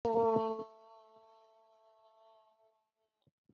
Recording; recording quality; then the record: sustained vowel as in boot; excellent, no background noise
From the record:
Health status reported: recovered from COVID-19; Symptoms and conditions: cough, cold, fatigue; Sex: female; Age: 20 years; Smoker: not ticked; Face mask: worn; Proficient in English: yes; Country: India